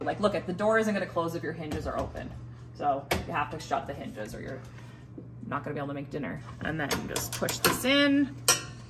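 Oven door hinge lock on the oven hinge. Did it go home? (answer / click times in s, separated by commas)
no / none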